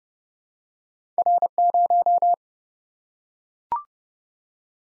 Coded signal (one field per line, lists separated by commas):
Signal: Morse code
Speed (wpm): 30 wpm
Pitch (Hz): 700 Hz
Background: none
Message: R0